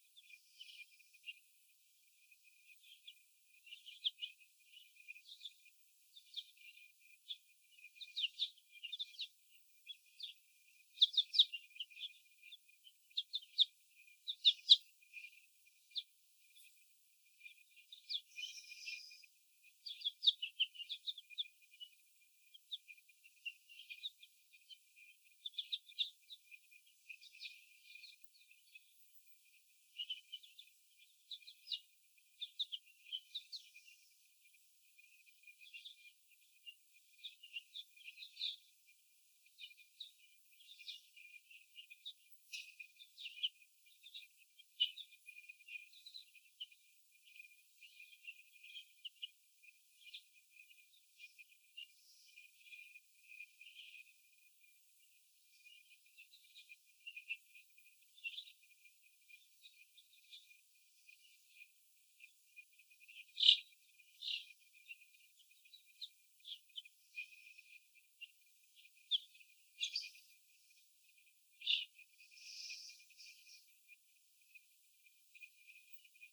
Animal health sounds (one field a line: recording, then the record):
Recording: young laying hens in a cage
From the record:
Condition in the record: after the stressor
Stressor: sudden umbrella opening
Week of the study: 2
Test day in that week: 1